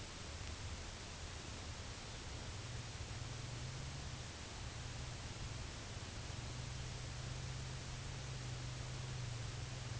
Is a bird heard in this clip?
no